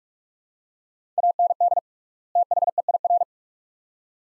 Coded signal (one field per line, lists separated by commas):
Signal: Morse code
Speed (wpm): 45 wpm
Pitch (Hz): 700 Hz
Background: none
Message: AND THEIR